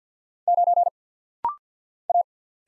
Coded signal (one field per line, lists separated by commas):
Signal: Morse code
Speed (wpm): 50 wpm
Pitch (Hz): 700 Hz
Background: none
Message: 9 A